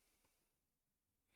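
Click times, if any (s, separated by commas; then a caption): none. The second folding arm of an EXO Cinemaster 2 drone is being unfolded toward its open lock on the drone body, with quiet handling noise throughout and a sharp rise in sound right at the end. Nothing has seated or clicked yet; the clip ends just before the arm locks open.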